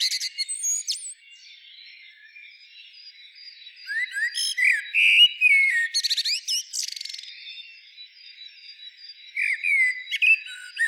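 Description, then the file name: Common blackbird delivering loud, varied fluted whistles broken by sharp, high scratchy notes, then a softer warbled phrase after a quiet gap. "Turdus merula"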